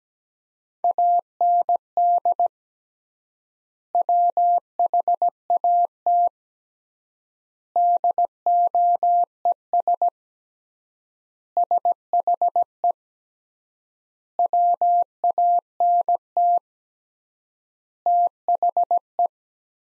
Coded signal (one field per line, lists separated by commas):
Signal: Morse code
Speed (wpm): 17 wpm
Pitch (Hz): 700 Hz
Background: none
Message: AND WHAT DOES SHE WANT THE